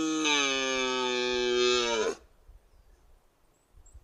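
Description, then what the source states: Red deer bellowing in rut: a drawn-out harmonic roar of about two seconds that sags in pitch at the end, followed by near silence. Rutting call (bellowing) of a red deer during the rut.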